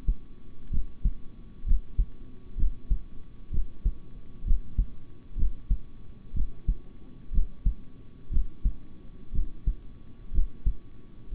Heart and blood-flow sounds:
heart sounds by stethoscope; between the tricuspid and mitral areas; 62 bpm
0.70 s: heartbeat
1.65 s: heartbeat
2.56 s: heartbeat
3.51 s: heartbeat
4.44 s: heartbeat
5.36 s: heartbeat
6.33 s: heartbeat
7.31 s: heartbeat
8.30 s: heartbeat
9.32 s: heartbeat
10.32 s: heartbeat
11.31 s: heartbeat
From the record:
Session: rest, sitting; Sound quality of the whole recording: good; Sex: male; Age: 26 years

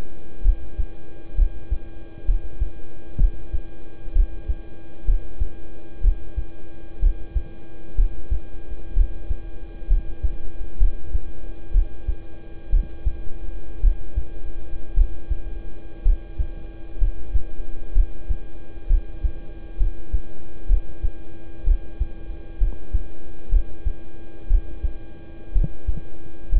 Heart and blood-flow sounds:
heart sounds by stethoscope; between the tricuspid and mitral areas; 62 bpm
0.42 s: heartbeat
1.35 s: heartbeat
2.25 s: heartbeat
3.17 s: heartbeat
4.12 s: heartbeat
5.05 s: heartbeat
6.01 s: heartbeat
6.99 s: heartbeat
7.95 s: heartbeat
8.93 s: heartbeat
9.87 s: heartbeat
10.77 s: heartbeat
11.71 s: heartbeat
12.69 s: heartbeat
13.80 s: heartbeat
14.94 s: heartbeat
16.02 s: heartbeat
16.98 s: heartbeat
17.92 s: heartbeat
18.87 s: heartbeat
19.77 s: heartbeat
20.67 s: heartbeat
21.64 s: heartbeat
22.58 s: heartbeat
23.49 s: heartbeat
24.47 s: heartbeat
25.52 s: heartbeat
26.49 s: heartbeat
From the record:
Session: rest, lying down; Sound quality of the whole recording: good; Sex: male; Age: 26 years

